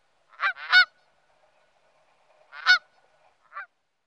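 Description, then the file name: Canada goose honking: a quick pair of loud, nasal, harmonic honks, a pause of nearly two seconds, then one more strong honk and a softer final one. "Kanadagas"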